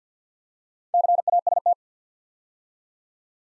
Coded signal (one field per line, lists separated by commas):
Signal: Morse code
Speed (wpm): 49 wpm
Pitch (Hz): 700 Hz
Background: none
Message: CAST